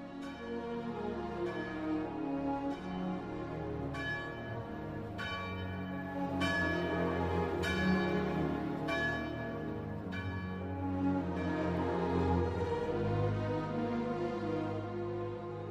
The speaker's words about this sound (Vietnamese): Sau lưng anh, một hồi chuông nhà thờ vừa cất lên, nhắc nhở giáo dân đã đến lúc tụ tập đọc kinh chiều.